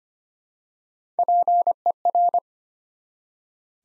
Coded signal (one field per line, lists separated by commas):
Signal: Morse code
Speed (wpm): 25 wpm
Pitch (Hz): 700 Hz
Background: none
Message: PER